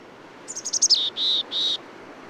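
Bird singing a single phrase, six rapid high chips that drop in pitch, followed by two drawn-out, even whistles.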